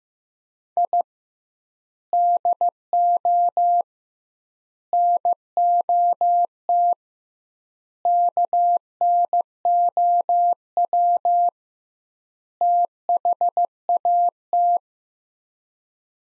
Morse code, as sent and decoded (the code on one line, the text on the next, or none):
.. / -.. --- / -. --- - / -.- -. --- .-- / - .... .- -
I DO NOT KNOW THAT